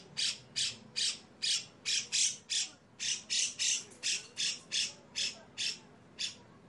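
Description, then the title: Grey-cheeked bulbul giving a harsh, rasping song of broad, scratchy bursts repeated about two to three times a second, with brief gaps, over a faint low hum. Long, harsh 'besetan' style song used for training caged birds. "MASTERAN CUCAK JENGGOT GACOR FULL BESETAN KASAR DURASI PANJANG !!!. CUCAK JENGGOT GACOR SUARA BESETAN PANJANG‼️PANCINGAN-MASTERAN BURUNG"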